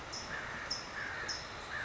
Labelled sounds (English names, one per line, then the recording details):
California Towhee
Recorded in Sonoma County, California